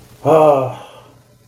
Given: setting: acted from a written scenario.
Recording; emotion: vocal sound without words; disappointment